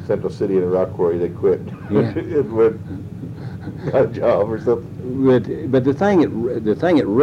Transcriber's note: laughs